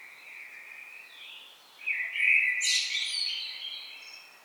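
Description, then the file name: Common blackbird singing a soft mellow warble that swells into a louder fluted phrase, finished with a sharp high-pitched squeaky twitter. "Turdus merula"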